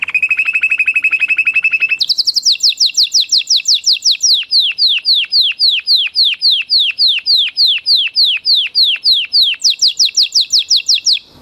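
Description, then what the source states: Canary song: a rapid rattling trill shifting into a long, steady series of loud down-slurred whistles, then a brief higher-pitched run of the same notes. Orange canary; lure song meant to prompt a canary that has stopped singing to start again.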